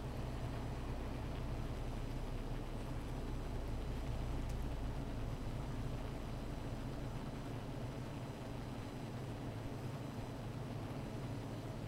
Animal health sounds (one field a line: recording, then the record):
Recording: honeybee colony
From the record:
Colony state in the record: missing queen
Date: 14 July 2017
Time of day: 15:43